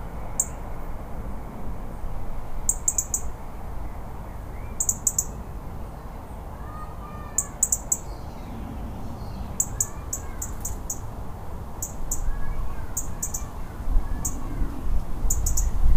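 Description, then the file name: European robin ticking persistently, crisp high clicks grouped in short bursts every second or two, with faint softer bird notes lower down and constant low background noise. "Erithacus rubecula - European Robin"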